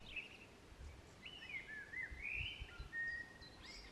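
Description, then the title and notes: Common blackbird song, a run of fluty warbled phrases rising and falling, ending in higher, thinner notes, over low rumbling background noise. Singing in a park, May 2021. "A blackbird singing in the park, May 2021."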